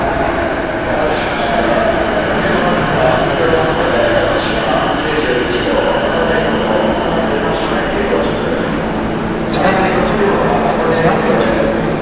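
A ride aboard a Joban Line local train between Kita-Senju and Abiko: a steady, dense rumble with a low hum and faint whining tones running throughout, with voices murmuring over it. Near the ten-second mark the noise swells slightly and sharp high ticks appear.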